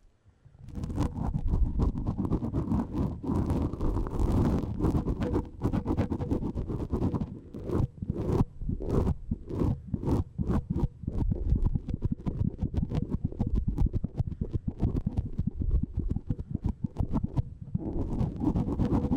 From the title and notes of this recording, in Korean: 마이크를 팁브러시로 슥슥 ASMR (feat. 라텍스장갑, no talking).